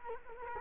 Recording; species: mosquito wingbeat signal from an infrared sensor; Culex quinquefasciatus